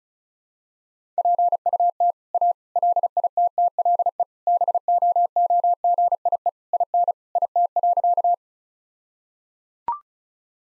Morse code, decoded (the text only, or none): PUT A LITTLE BOOGIE IN IT.